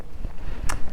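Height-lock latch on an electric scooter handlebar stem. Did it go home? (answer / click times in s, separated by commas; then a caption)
yes / 0.7 s. The quick-release height-lock latch on the handlebar stem of an E-TWOW S2 Booster Plus V Swiss Edition folding electric scooter is closed after the stem is raised to one of its two height positions, to lock the height. Under a low rumbling background, a sharp, bright snap is heard at 0.7 s as the latch closes. The latch is seated and the handlebar height is secured.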